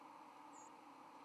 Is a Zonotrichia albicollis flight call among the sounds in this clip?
no